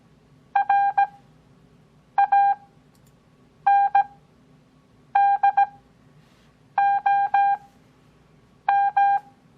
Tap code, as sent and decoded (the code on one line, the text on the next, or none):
none